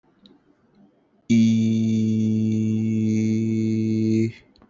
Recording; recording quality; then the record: sustained vowel as in beet; excellent, no background noise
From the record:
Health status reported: respiratory illness, not identified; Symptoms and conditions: fever, hypertension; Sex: male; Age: 26 years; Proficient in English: yes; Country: India